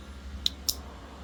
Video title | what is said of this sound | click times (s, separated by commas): DIY Wireless Remote Minn Kota Electric Trolling Motor Steering for Bass Boat & Kayak Battery Build | click just like that and | 0.5 s, 0.7 s